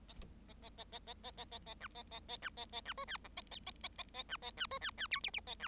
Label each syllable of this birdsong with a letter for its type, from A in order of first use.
A A A A A A A A A B A A A B A A B C D E A A A A A B A D C D D F G G A B